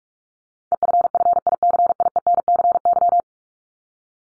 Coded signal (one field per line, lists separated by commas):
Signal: Morse code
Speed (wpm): 44 wpm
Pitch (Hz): 700 Hz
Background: none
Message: EFFICIENCY